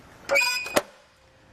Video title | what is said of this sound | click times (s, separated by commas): etrailer - Is the Saris Glide EX Bike Rack for 4 Bikes Compatible with the 2018 Honda CR-V? | it locks into place let's | 0.8 s